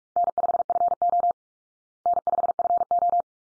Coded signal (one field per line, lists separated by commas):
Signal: Morse code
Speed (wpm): 44 wpm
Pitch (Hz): 700 Hz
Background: none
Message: N5FO N5FO